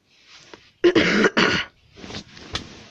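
Two loud, harsh back-to-back cough bursts from an adult turned away from the microphone, in a small room.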